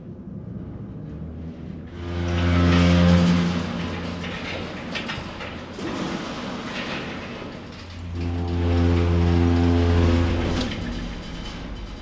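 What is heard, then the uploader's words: Empty mobile shelving rows roll along their tracks twice, each a low rumbling hum with clanks, swelling around two and eight seconds. A mechanical assist high density storage system is controlled by the operator rotating a spoke-like handle. Michel was recording 10 rows of empty Mobile Shelving In the basement of the abandoned Frankfurt Stock Exchange.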